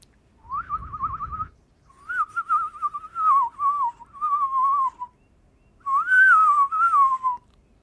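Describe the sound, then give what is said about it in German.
A person whistles in imitation of bird calls to attract birds: several warbling, trilled phrases at a steady mid pitch with short pauses between them, loud and clear, opening over a brief low rumble. “Hab ich gehört, nein, es ist super pfiffen.”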